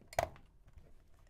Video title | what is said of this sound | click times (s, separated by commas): Getting Power to the Interlogix Simon XTi & XTi-5 | Locks into place. | 0.2 s